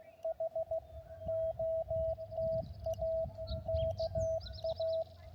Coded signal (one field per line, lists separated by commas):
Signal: Morse code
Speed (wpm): 15 wpm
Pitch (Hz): 650 Hz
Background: radio noise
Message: H OTA KA